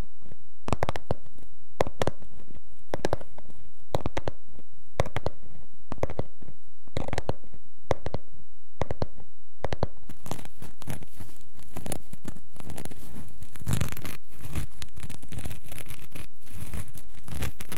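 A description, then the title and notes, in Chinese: Scratching in quick irregular strokes, dry and rasping, growing denser and brighter after about ten seconds. 抓挠声。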